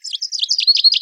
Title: American Goldfinch - Spinus Tristis - Songs